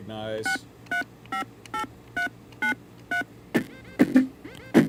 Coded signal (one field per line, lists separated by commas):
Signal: DTMF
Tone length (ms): 120 ms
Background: speech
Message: 6358393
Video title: JOHN PARK'S WORKSHOP LIVE 2/10/22 Touch Tone Pad Input @adafruit @johnedgarpark #adafruit